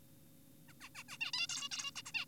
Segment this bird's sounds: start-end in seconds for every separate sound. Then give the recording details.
0.69-0.73, 0.81-0.89, 0.95-1.03, 1.09-1.17, 1.21-1.32, 1.34-1.47, 1.50-1.69, 1.72-1.92, 1.96-2.02, 2.06-2.12, 2.14-2.25. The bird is an adult. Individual g4p5U